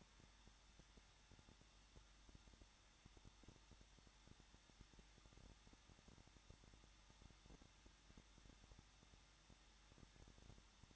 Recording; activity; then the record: daily activity, microphone in the room; no activity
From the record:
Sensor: 3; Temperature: 21.2 degrees Celsius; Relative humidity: 36.4%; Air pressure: 1006.4 hPa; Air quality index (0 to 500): 223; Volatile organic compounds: 42 ppm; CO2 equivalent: 3186 ppm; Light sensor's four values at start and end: 2/3/2/2 and 2/3/2/2